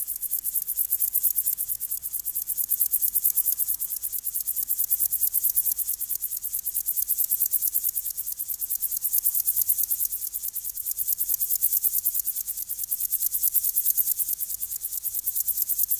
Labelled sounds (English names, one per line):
Upland Field Grasshopper stridulation